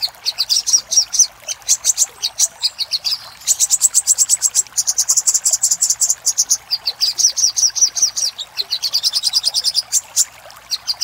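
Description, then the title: Little spiderhunter song: long fast trains of sharp, high chipping notes, with a short pause near three and a half seconds. Master recording made for training cage birds. "Masteran Burung Sogok Ontong Labaik"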